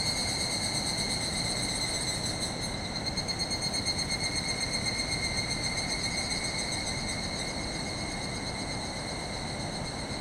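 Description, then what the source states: Several evening cicada sing in overlapping high pulsed tones, fairly even throughout, backed by a steady broad roar of water. Chorus calling back and forth in forest after sunset, 31 July 2020, end of rainy season after heavy rain; distant swollen river roaring; recorded with ZOOM H6 and Sennheiser MKH8020.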